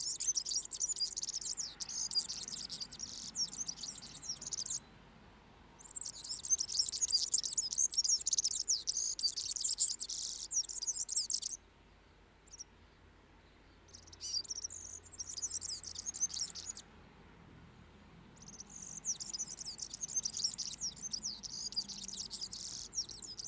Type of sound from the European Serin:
song